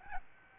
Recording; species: mosquito wingbeat signal from an infrared sensor; Aedes albopictus